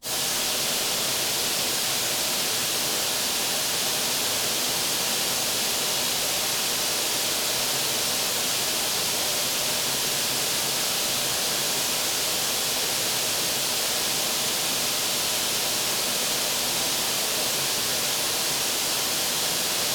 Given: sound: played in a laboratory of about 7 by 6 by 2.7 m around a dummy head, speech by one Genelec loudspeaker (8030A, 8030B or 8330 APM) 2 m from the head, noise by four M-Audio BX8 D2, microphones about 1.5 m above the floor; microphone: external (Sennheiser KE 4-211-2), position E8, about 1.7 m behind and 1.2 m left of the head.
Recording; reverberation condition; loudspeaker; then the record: white noise; high; four, about 170 cm from the corners of the room and facing them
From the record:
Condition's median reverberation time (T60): about 1300 ms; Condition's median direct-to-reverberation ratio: about -4.0 dB